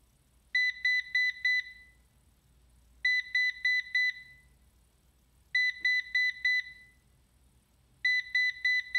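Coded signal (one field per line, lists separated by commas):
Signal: beep code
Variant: Ecovacs DEEBOT N79S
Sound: four quick high beeps, a pause, then four more, repeating four times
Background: low room hum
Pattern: 4 short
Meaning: Error after docking, possibly a battery problem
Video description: Every time it would dock after vacuuming, it would wait about 1 minute then start beeping. It would beep 4 times, wait a few seconds, then beep another 4 times, repeating the process a total of 5 times.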